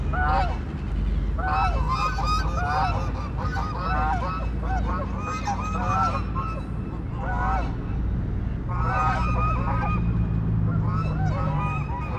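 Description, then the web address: Goose honking in repeated noisy bursts, many overlapping nasal calls, over a constant low urban rumble. Goose honking in a city setting; urban ambience recording. "City Sounds AMBUrbn Goose Honk, Hiss, Duck"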